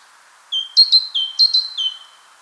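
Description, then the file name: Great tit song: a quick series of bright two-part notes, a high clipped note and a lower steady whistle, repeated several times. "Parus major"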